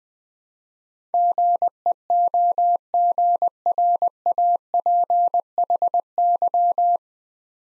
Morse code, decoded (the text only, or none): GEOGRAPHY